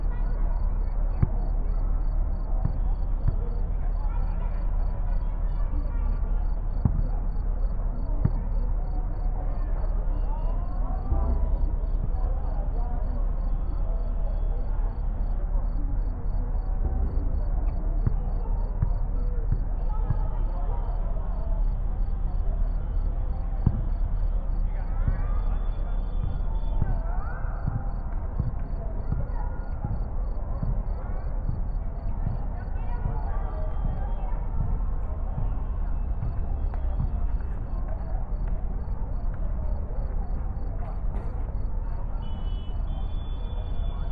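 People chat on porches in a city apartment courtyard at night, voices over a steady low rumble of traffic that never lets up.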